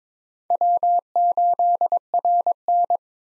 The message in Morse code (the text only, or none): W8RN